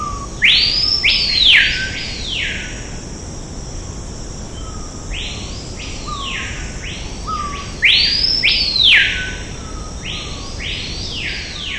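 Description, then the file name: Screaming piha calling, loud ringing whistles sweeping up then sharply down, given in groups every few seconds, with soft low introductory notes and a steady high hum behind. Recorded at Alter do Chão, at 9:00 in the morning. "Lipaugus-vociferans-Altazes-AM 9 00-ASilveira"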